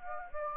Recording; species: mosquito wingbeat signal from an infrared sensor; Anopheles gambiae